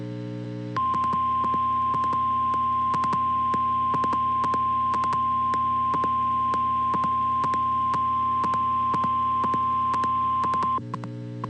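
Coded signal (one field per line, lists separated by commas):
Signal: Emergency Alert System (SAME) tones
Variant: 1050 Hz attention tone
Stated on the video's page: Fictional EAS scenario, self-made.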